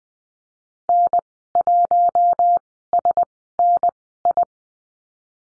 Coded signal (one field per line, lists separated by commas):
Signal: Morse code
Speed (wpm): 20 wpm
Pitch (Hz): 700 Hz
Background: none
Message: N1SNI